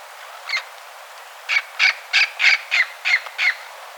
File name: scaly naped parrot